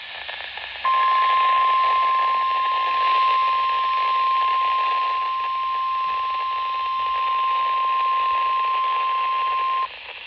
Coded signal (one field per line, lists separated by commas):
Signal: Emergency Alert System (SAME) tones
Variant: 1050 Hz attention tone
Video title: KXI48 PAH Severe Thunderstorm Warning EAS #234 (5/16/26)